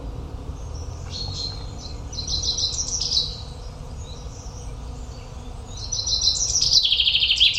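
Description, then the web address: Common chaffinch song: a fainter descending trill ending in a flourish, then a louder second song starting near six seconds and cut off at the end. "Deverinetal"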